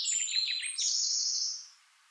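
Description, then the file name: Eurasian blackcap: a quick scratchy warbled phrase running into a clear, sustained high whistled note that fades after about a second. "Sylvia atricapilla"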